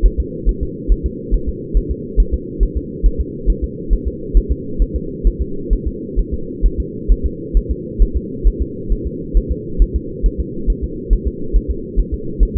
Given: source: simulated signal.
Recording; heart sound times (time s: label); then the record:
fetal heart sounds
0.06 s: S1
0.20 s: S2
0.49 s: S1
0.63 s: S2
0.92 s: S1
1.06 s: S2
1.34 s: S1
1.49 s: S2
1.77 s: S1
1.91 s: S2
2.20 s: S1
2.34 s: S2
2.63 s: S1
2.77 s: S2
3.06 s: S1
3.21 s: S2
3.50 s: S1
3.64 s: S2
3.93 s: S1
4.08 s: S2
4.37 s: S1
4.52 s: S2
4.82 s: S1
4.96 s: S2
5.27 s: S1
5.42 s: S2
5.73 s: S1
5.87 s: S2
6.19 s: S1
6.34 s: S2
6.66 s: S1
6.80 s: S2
7.11 s: S1
7.26 s: S2
7.57 s: S1
7.71 s: S2
8.02 s: S1
8.17 s: S2
8.47 s: S1
8.62 s: S2
8.92 s: S1
9.07 s: S2
9.37 s: S1
9.52 s: S2
9.82 s: S1
9.96 s: S2
10.26 s: S1
10.40 s: S2
10.70 s: S1
10.84 s: S2
11.13 s: S1
11.28 s: S2
11.56 s: S1
11.71 s: S2
11.99 s: S1
12.14 s: S2
12.43 s: S1
12.57 s: S2
From the record:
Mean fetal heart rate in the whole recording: 135 bpm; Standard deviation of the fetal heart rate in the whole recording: 3 bpm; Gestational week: 36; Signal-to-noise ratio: -4.3 dB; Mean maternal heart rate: 72 bpm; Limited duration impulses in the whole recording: absent